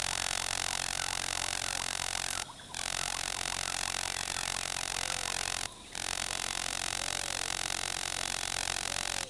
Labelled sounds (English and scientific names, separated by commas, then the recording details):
none
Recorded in forest near Pivijay, Magdalena, Colombia, on 18 April 2023 at 07:00
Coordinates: 10.467, -74.380
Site Z5-G034